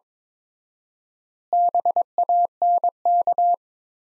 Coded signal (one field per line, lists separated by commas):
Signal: Morse code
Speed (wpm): 21 wpm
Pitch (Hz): 700 Hz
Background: none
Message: BANK